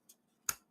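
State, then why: Seated. A small Anderson Powerpole connector is pushed into a cut-out in a 3D-printed plastic back panel. A faint high tick at 0.1 s is followed by a sharp, bright snap at 0.5 s that quickly fades. The connector snaps in perfectly and is seated.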